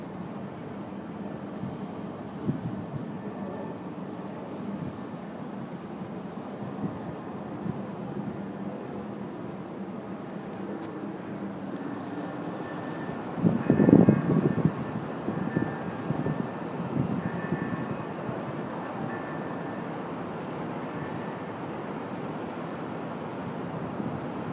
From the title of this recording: The sound from the roof of a 50 story building